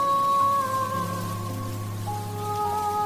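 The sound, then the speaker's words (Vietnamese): Steady rain falls outside a car, heard by two men sitting inside, in a continuous, even hiss, overlaid by sustained low musical tones that hold and shift slowly. No one speaks. “Hai người đàn ông cứ ngồi trong xe như vậy, nghe mưa bên ngoài.”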